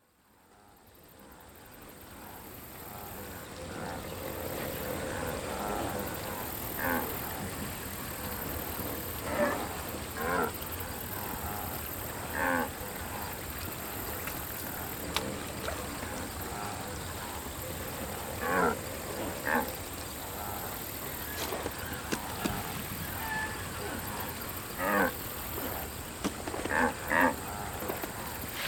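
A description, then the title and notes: Wildebeest call in short grunting bursts over a steady low rush, with the calls spaced every few seconds from about the seventh second onward. A faint high hiss runs throughout, and the sound fades in over the first few seconds. Wildebeest from Birdbox Studio. A couple of wildebeest contemplate crossing a river.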